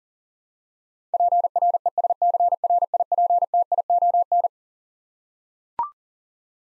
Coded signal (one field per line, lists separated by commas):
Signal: Morse code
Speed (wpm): 37 wpm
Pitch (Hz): 700 Hz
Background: none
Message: PRESCRIPTION